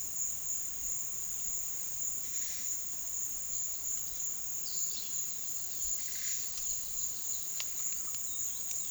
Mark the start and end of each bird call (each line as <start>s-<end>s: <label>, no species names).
2.20s-2.77s: bird call
4.50s-8.90s: bird call